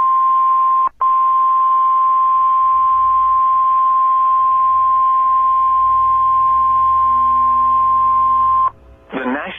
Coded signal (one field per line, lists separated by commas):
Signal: Emergency Alert System (SAME) tones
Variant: 1050 Hz attention tone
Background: speech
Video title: DOUBLE HEADER - EAS Alert #192 & 193: PDS Tornado Warning/Tornado Warning (Apr 19, 2023)